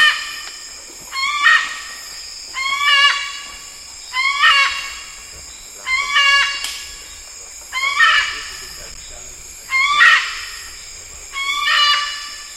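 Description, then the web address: White cockatoo calling with seven grating, buzzy shrieks at slightly uneven intervals. Each one is abrupt and raucous, and the calls follow one another steadily with little other sound. "sonidos Cacatua"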